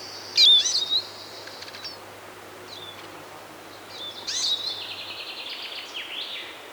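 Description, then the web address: Eurasian Siskin song: two bursts of high, thin twittering with squeaky, wheezy notes, the first brief near the start, the second longer after a pause of about three seconds. "Siskin"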